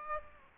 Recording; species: mosquito wingbeat signal from an infrared sensor; Aedes aegypti